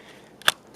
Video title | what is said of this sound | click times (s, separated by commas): Panasonic G7 - Testing My Pyle Pro Ear hanging Mic Work with a 15ft Extension Cable Into the G7 | you'll probably hear it click and go in here on the camera | 0.5 s